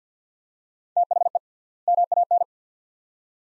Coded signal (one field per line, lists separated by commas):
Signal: Morse code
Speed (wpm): 50 wpm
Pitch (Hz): 700 Hz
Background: none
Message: THE MAN